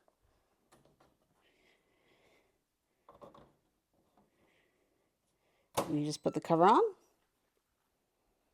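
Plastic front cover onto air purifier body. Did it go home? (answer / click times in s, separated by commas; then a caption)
no / none. A plastic front cover is being fitted back onto an Alen 75i BreatheSmart air purifier body, producing faint handling knocks and taps around 0.7 s, 3.1 s and 3.4 s. Someone talks near the end. Nothing has seated or clicked yet; the cover is still being handled and not yet home.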